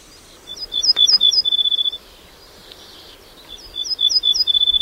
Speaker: Vous avez cette fois, comme vous l'entendez, un joli trémolo final dans la voix.